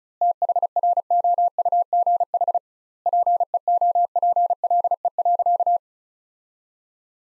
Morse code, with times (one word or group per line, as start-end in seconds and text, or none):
0.2-2.6 THROUGH
3.1-5.8 PEOPLE.